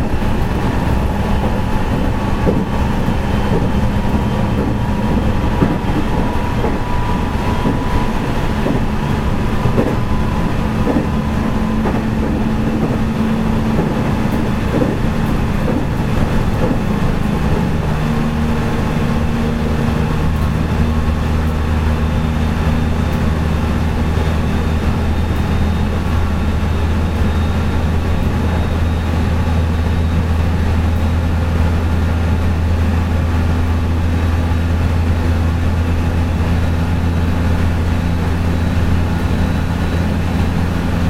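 Running sound of a 207 series electric train on a local service of the JR Kobe Line. A dense, steady rumble holds throughout, with low motor tones that shift pitch around the middle and settle into a deeper, stronger hum for the second half.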